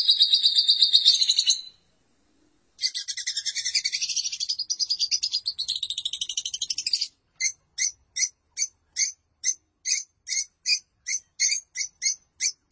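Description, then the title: Lovebird chattering song: dense, harsh high twittering in two long bursts, then a string of sharp clipped chirps about three per second. "Suara Burung Lovebird"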